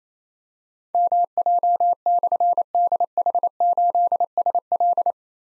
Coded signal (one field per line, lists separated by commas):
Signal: Morse code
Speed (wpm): 27 wpm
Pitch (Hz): 700 Hz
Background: none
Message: MJ/DH8SL